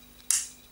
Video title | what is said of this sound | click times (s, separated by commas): Gearing up with SBRE Brown Basic Knife Safety | look at this little button there clicks in place | 0.3 s